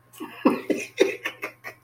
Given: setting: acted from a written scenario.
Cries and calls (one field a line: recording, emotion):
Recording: vocal sound without words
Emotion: elation